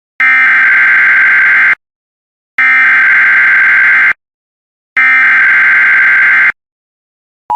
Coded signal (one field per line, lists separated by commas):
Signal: Emergency Alert System (SAME) tones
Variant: header bursts